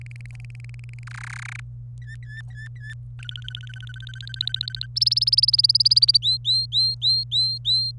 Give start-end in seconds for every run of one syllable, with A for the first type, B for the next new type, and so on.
0.01-1.04 A, 1.07-1.60 B, 2.02-2.94 C, 3.19-4.86 D, 4.96-6.17 E, 6.22-7.91 F